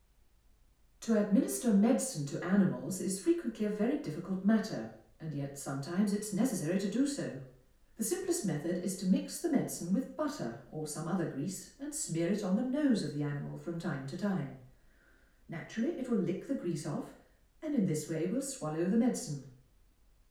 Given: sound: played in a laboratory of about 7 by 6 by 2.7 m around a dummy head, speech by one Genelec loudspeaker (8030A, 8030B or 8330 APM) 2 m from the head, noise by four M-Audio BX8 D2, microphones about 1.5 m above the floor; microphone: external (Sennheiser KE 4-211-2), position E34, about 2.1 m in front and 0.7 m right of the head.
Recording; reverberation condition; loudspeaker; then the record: female speech in English; medium; 120 degrees to the left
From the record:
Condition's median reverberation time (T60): about 510 ms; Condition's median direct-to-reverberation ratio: about -0.5 dB